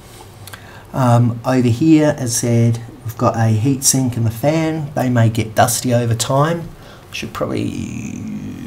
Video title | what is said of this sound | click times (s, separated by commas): Toshiba Satellite Pro L50-B Teardown / Upgrade / Take Apart | into the slot and then down until it clicks in place | 0.5 s